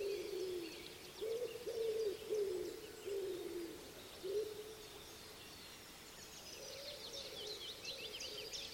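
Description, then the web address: Common wood pigeon giving a run of deep, muffled coos; another bird chirps and twitters high in the background. "cianscape. Deverinetal 2025. Bird Only"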